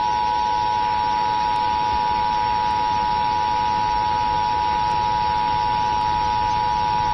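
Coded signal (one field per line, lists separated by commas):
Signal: Emergency Alert System (SAME) tones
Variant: 853 and 960 Hz attention tone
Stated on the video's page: EAS required monthly test tones recorded from several FM broadcast stations in the Minneapolis-St. Paul area simultaneously, plus television.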